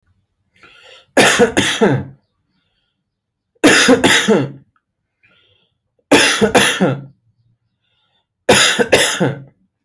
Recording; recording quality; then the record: heavy voluntary cough; excellent, no background noise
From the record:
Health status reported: healthy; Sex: male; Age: 33 years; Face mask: not worn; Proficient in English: yes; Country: India